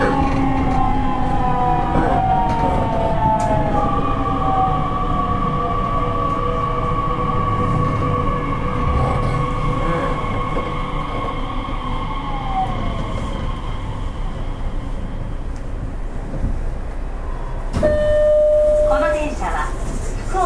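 Nishitetsu 3000 series train running with a steady low rumble and gliding motor whine, a sharp clack near 18 seconds, faint voices.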